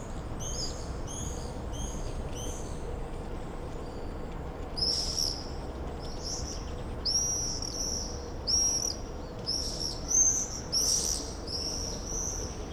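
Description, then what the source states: Common swift screams, a rapid run of repeated shrill notes at first, then louder separate screaming trills from several birds in the second half. Summer evening in a backyard in Bytom, Poland; many swifts circling; recorded with Zoom F4 and AT BP4025.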